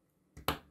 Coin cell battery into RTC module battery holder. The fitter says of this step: the battery pops into place and i'll connect the nodemcu to the usb